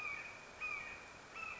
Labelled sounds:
Red-shouldered Hawk (Buteo lineatus)
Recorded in Sonoma County, California

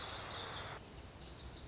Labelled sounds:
Lazuli Bunting (Passerina amoena)
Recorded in Sonoma County, California

